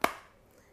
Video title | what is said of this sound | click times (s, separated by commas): Cuisinart SmartStick® Hand Blender CSB 77 Demo Video | you can actually attach your chef's whisk just like so pop it into place | 0.0 s